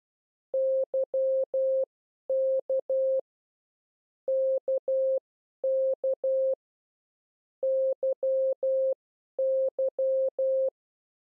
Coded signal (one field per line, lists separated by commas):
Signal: Morse code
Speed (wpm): 12 wpm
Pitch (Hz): 530 Hz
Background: none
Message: YK KK YY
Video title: How to Learn CW / Video #1 Group 2 / Letters K M Y